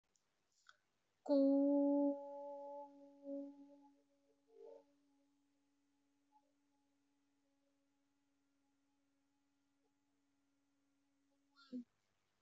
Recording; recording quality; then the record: sustained vowel as in boot; excellent, no background noise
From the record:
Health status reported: exposed to COVID-19, no respiratory illness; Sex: female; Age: 27 years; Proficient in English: yes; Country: India